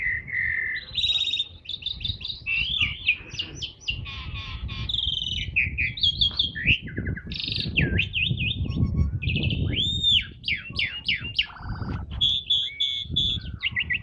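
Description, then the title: Javan pied starling giving a dense, varied song of fast whistles, slurred rising and falling notes and buzzy harmonic phrases, continuous throughout over steady low background noise. Karawang. "jalak suren istimewa karawang"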